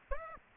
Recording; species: mosquito wingbeat signal from an infrared sensor; Aedes aegypti